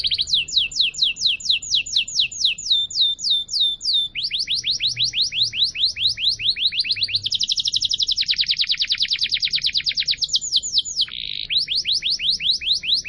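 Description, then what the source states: Canary song: continuous high trills of rapid descending notes, changing speed and pitch in several tours, including a dense buzzy roll in the middle. Canary song recording used as a lure for birds.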